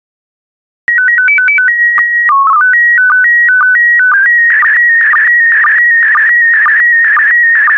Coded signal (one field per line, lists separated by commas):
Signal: SSTV (slow-scan television)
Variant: PD 120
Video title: 13008 Flowers Volume I SSTV PD120